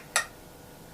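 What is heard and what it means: The hinged cap on a NEXTHALER dry powder inhaler body is flipped open, giving one sharp, bright click at 0.2 s over a quiet background. The click shows the dose has been loaded and is ready to inhale.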